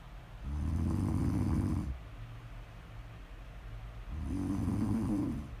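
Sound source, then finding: Adult sleeper. Snoring.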